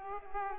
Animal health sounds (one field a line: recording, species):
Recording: mosquito wingbeat signal from an infrared sensor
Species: Culex pipiens